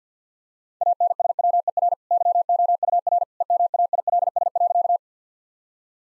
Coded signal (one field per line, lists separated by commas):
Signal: Morse code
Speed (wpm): 50 wpm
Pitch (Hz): 700 Hz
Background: none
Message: ANSWER YOUR EMAILS.